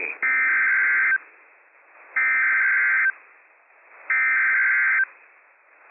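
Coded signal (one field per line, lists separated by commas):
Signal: Emergency Alert System (SAME) tones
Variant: header bursts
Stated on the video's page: Dust Storm Warning SAME tones from the National Weather Service in Spokane, an operational Emergency Alert System activation.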